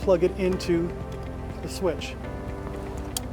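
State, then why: Seated. A plastic remote-start T-harness connector is plugged into the ignition switch connector of a 2010-2017 Toyota Tundra while someone talks over background music. A sharp click at 3.2 s marks the connector seating into place.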